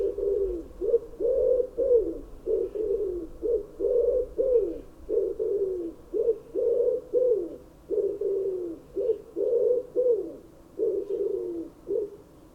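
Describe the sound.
Pigeon cooing: low, throaty, rolling coos in short phrases repeated steadily throughout, with only a faint background hum.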